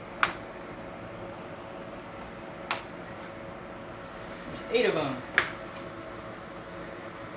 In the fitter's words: Now I gotta put these little plastic retainers in. They just snap right in.